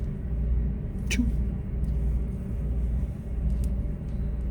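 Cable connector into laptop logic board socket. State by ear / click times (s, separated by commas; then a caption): not seated / none. A cable connector is pressed into its socket on the logic board of a MacBook A1466 during reassembly in a no-fan-spin repair, over a steady low rumble while someone briefly talks. Faint, soft, sharp ticks are heard as it is handled, but nothing has seated or clicked yet.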